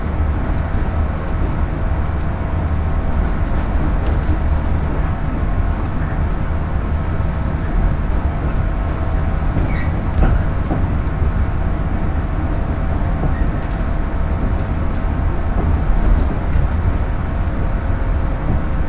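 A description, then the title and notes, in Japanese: Shinano Railway train ride: a steady low rumble of wheels with a constant hum, faint clicks and squeaks scattered throughout, loudness unchanging. しなの鉄道・北陸新幹線 小諸→上田→長野。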